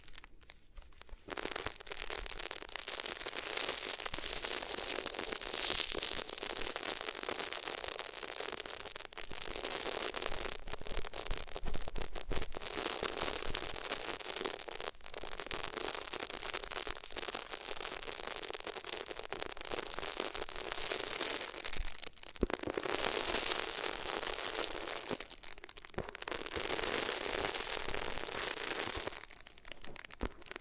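Rubbing on different materials gives a dense, bright scratchy hiss that runs almost continuously, broken by brief pauses near the start, middle and end.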